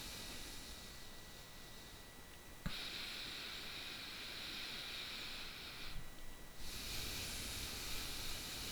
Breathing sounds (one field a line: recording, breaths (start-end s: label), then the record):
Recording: nose breathing near a microphone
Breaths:
0.00-2.36 s: exhalation
2.36-6.24 s: inhalation
6.24-8.72 s: exhalation
From the record:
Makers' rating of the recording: bad